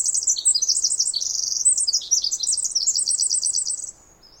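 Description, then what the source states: Loud Pacific wren song, a tumbling sequence of high tinkling trills and buzzes lasting around four seconds before cutting off. Wild bird singing in trees above the microphone, then flying down closer, very loud; Snider Jackson/Rugged Ridge trail, May 11-13, 2018, morning after dawn chorus; unmastered recording.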